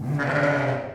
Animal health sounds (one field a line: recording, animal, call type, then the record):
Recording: contact call of a hoofed animal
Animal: sheep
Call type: low-frequency (closed-mouth) or high-frequency (open-mouth) call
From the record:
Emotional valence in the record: negative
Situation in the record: short social isolation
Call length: 0.95 s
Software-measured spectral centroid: 1550 Hz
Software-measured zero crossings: 1410 a second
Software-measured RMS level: -24 dBFS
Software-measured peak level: -10 dBFS